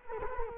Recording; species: mosquito wingbeat signal from an infrared sensor; Culex quinquefasciatus